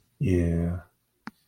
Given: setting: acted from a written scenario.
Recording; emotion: vocal sound without words; contentment